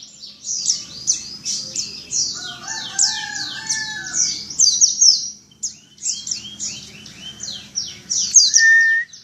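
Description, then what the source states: White-eye song: sustained high chattering warble with a few lower whistled notes mixed in. Pleci dakun white-eye singing in the ngalas ngeroll style.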